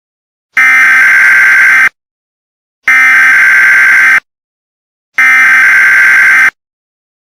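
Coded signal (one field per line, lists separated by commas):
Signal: Emergency Alert System (SAME) tones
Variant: header bursts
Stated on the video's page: Fictional EAS scenario.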